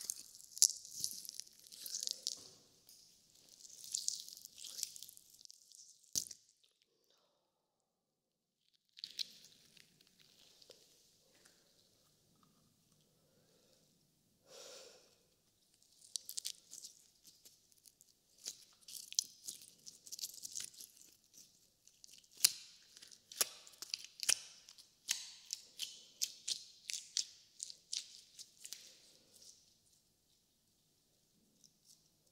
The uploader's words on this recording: ASMR SQUISH BINAURAL SOUNDS SLIME.